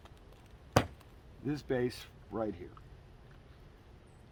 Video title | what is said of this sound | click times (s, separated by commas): Worksharp Review : Knife sharpening, FMA, Kalis Americano.... | snaps right into | 0.8 s